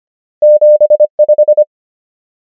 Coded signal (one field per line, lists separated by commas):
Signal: Morse code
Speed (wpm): 25 wpm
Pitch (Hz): 600 Hz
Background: none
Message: 7 5